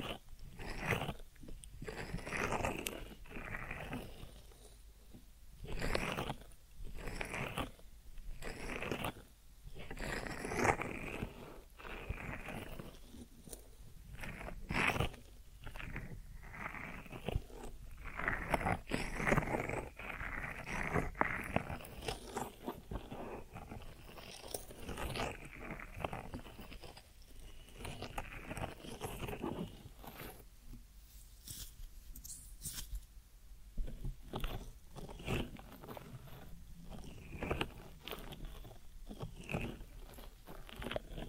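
An ASMR ear massage of soft rubbing and scratchy rustles that keeps going for the whole recording. The strokes come in quick, uneven bursts, some crisp and bright and others muffled and low. The sound eases slightly around the thirty-second mark before picking up again.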